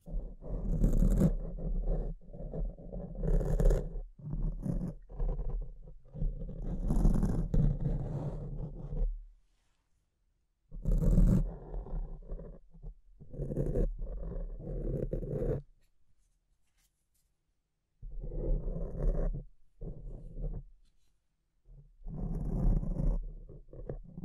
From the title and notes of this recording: ASMR Brain Melting Mic Scratching (No Talking).